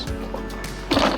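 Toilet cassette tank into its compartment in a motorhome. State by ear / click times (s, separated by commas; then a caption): not seated / none. The toilet cassette tank of a Pilote P696 GJ motorhome is handled as it goes back into its compartment, its wheels set on the rails and the tank slid in toward the end, where a green clip is meant to click and hold it fixed. Low handling noises are heard with a short knock at 0.3 s and a louder, broader bump at 0.9 s. Nothing has seated or clicked yet.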